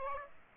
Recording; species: mosquito wingbeat signal from an infrared sensor; Aedes aegypti